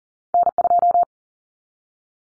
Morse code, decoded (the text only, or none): N2